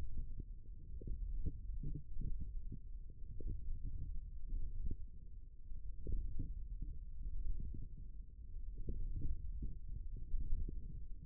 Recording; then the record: forearm muscle sounds (acoustic myography)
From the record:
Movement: forearm pronation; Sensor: system 1, eight BSWA MPA416 microphones around the upper forearm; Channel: 2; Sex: male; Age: 18 years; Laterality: right